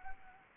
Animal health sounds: mosquito wingbeat signal from an infrared sensor; Anopheles arabiensis

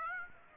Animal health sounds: mosquito wingbeat signal from an infrared sensor; Aedes aegypti

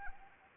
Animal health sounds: mosquito wingbeat signal from an infrared sensor; Anopheles arabiensis

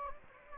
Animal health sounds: mosquito wingbeat signal from an infrared sensor; Anopheles gambiae

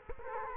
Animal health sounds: mosquito wingbeat signal from an infrared sensor; Culex quinquefasciatus

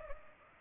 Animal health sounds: mosquito wingbeat signal from an infrared sensor; Culex pipiens

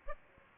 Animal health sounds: mosquito wingbeat signal from an infrared sensor; Aedes aegypti

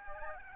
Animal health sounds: mosquito wingbeat signal from an infrared sensor; Aedes albopictus

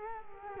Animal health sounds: mosquito wingbeat signal from an infrared sensor; Culex quinquefasciatus

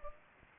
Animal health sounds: mosquito wingbeat signal from an infrared sensor; Culex pipiens

